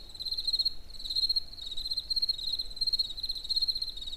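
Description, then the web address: Cricket chirping: high pulsed trills in short bursts about every half second to second, continuous over quiet low noise. Recorded in nature near the Eger tourist house. "allathangok termeszetben tucsok egerturistahaz"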